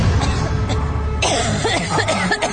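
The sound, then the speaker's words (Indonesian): A person coughs outside a bedroom door: after a second of low, steady background hum, a series of harsh, raspy coughs breaks out in quick, uneven bursts. “Dan kali ini suara orang batuk itu tepat di depan kamar tidurku.”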